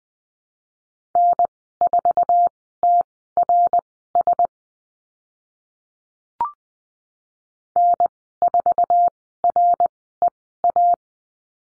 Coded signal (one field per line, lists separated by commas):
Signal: Morse code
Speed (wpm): 20 wpm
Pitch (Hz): 700 Hz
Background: none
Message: N4TRS N4REA